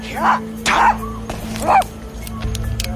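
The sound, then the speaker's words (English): A hound named Top barks three times in short, sharp, mid-pitched bursts on a quiet street in Richmond, Virginia, the first two close together and the third after a pause, over a steady low hum. “Hey, little dog.”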